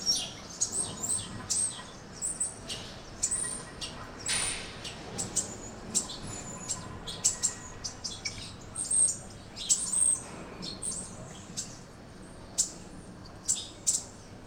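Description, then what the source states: Birds chirping, a busy mix of short high twittering notes and quick sharp chips in irregular bursts, with a faint low background hum. Birds chirping on a tree.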